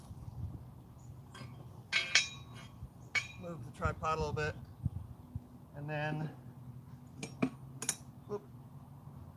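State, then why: Seated. Someone talks while pushing a Starlink power/data cable connector into the socket on the satellite dish mast. Several sharp metallic clicks follow, and the connector locks into place at 7.9 s, fully seated.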